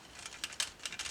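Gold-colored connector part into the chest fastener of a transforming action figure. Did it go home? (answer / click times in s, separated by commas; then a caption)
no / none. During conversion of a Cang Wan Ge Ying Long Wei hero-class Di Wei transforming action figure, a connecting rod is turned 90 degrees and pulled down so its gold-colored inner part lines up with the matching plastic chest fastener. Brief, light handling ticks come at about 0.4, 0.6, 0.9 and 1.1 seconds over a quiet background. Nothing has seated or clicked yet.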